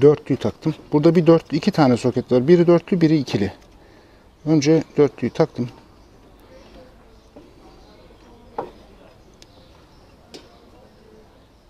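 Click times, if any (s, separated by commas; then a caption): 8.6 s. Someone talks for the first six seconds, then a two-pin plug is pushed into its socket on a scooter's wiring, giving a sharp click at 8.6 s, followed by fainter ticks around 9.4 s and 10.3 s. The two-pin connector is not fully seated.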